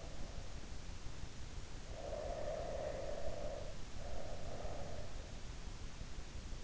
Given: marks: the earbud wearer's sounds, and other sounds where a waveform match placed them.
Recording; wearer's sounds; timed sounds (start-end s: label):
sounds in sleep by an in-ear microphone; breath
1.71-5.33 s: breath